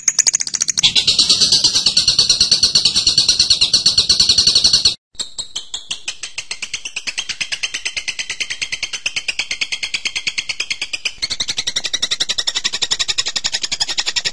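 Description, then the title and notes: Bird song: a fast, steady stream of high, sharp chattering notes, unbroken except for a brief pause near five seconds, then continuing with slightly lower, buzzier notes. Masteran birdsong, a model song for teaching cage birds. "MASTERAN BURUNG. suarane manok"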